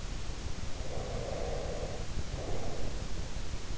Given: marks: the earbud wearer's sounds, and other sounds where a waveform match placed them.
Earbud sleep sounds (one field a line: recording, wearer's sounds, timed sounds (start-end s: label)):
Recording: sounds in sleep by an in-ear microphone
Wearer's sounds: breath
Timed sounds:
0.74-3.41 s: breath